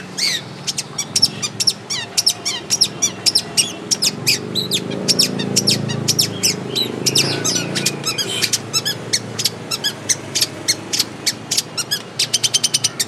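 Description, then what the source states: Long-tailed shrike song in rapid, high, scratchy notes with short trills, delivered in steady bursts throughout, over a low background rumble. Long-tailed shrike (cendet, pentet) in the 'tembakan' song style; recording used for training caged birds.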